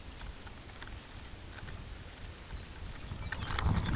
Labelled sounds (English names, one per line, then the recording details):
Lapland Longspur
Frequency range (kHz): Lapland Longspur 2.0-5.7 kHz
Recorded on Arctic tundra, site UTQI-5, on 16 June 2019
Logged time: 02:00